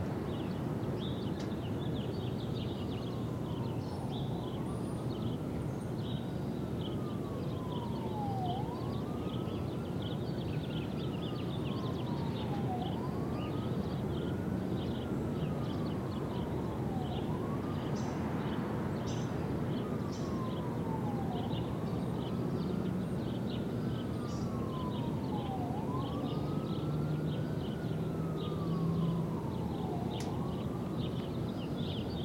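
City noise from a Brooklyn rooftop: a dense, steady low rumble of traffic fills the whole stretch. A siren wails slowly up and down throughout, rising and falling about every four seconds, while faint high chirping sits above the din.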